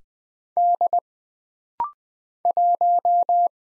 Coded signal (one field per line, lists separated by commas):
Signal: Morse code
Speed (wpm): 20 wpm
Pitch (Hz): 700 Hz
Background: none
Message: D 1